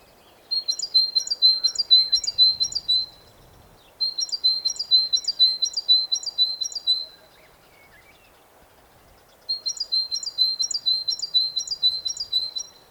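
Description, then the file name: Great tit singing a ringing, see-sawing two-note phrase, repeated quickly in three bursts of five to seven phrases with short silent gaps between them. "Parus major"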